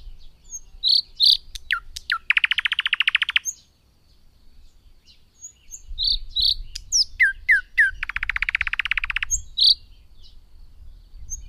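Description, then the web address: Thrush nightingale singing two phrases, each of loud pure notes and steep clicks leading into a long rapid rattle, with a short pause between them and faint low rumble. "Madardalok Nagy fülemüle"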